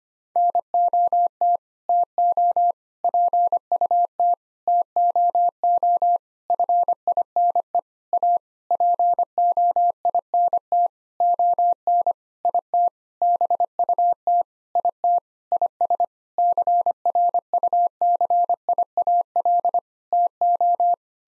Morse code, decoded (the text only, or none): NOT TO PUT TOO FINE A POINT ON IT BUT IT IS CRUCIAL TO